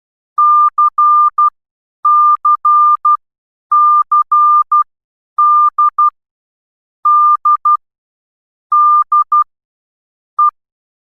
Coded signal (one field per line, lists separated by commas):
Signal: Morse code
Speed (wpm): 12 wpm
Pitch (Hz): 1200 Hz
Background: none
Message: C C C D D D E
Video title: MORSE CODE | A-Z & 0-9 | Easy Steps To Learn |